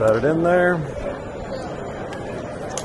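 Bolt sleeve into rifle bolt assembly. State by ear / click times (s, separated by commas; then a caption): seated / 2.8 s. Someone talks while a bolt sleeve is set into a rifle action's bolt and pushed in with the shroud to seat it. A short, sharp click sounds at 2.8 s as the sleeve clicks home and is seated.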